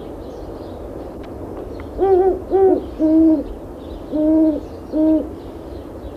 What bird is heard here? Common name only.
Great Horned Owl